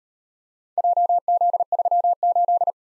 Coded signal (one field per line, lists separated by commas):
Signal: Morse code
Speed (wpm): 38 wpm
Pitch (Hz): 700 Hz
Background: none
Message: JZ38